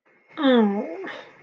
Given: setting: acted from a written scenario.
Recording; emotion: vocal sound without words; disappointment